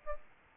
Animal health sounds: mosquito wingbeat signal from an infrared sensor; Aedes albopictus

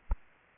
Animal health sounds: mosquito wingbeat signal from an infrared sensor; Aedes aegypti

